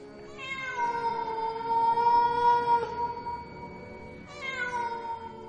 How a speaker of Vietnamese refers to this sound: Một âm thanh giống như tiếng mèo kêu, lại na ná như tiếng trẻ sơ sinh vang lên ở bên tai, làm nhiễu loạn tâm thần của hắn. Âm thanh nghe kinh dị vô cùng.